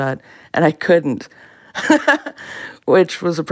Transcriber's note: laughter